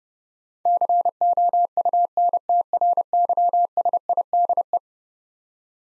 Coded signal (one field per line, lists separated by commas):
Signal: Morse code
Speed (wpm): 29 wpm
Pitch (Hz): 700 Hz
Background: none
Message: COUNTRYSIDE